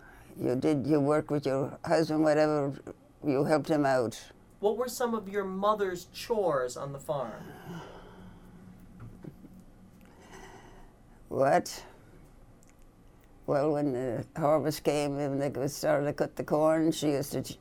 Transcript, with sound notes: You did your work with your husband, whatever, you helped him out.
What were some of your mother's chores on the farm?
(she sighs) What? Well, when the harvest came and they started to cut the corn she used to,